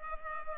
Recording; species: mosquito wingbeat signal from an infrared sensor; Culex pipiens